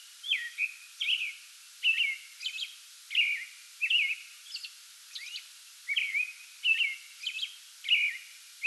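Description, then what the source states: American robin singing a rapid string of whistled, slurred phrases, some with thin high notes, separated by short gaps. Pre-dawn song bout recorded 8 May 2022.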